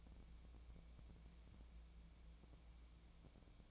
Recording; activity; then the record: daily activity, microphone in the room; take from stove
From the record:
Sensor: 1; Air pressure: 1000.0 hPa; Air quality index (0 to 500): 133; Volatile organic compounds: 2 ppm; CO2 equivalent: 1261 ppm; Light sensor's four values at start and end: 41/105/44/55 and 42/105/44/55